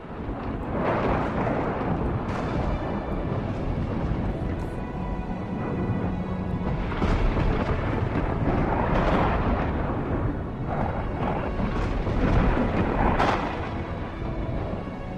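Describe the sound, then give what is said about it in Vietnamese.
A deafening roll of thunder rumbles on without a break, dense low booms swelling and surging in waves with crackling bursts on top, loud and alone with no voices. “ở trên thiên không dường như xuất hiện những tia sấm sét đình tai nhức óc.”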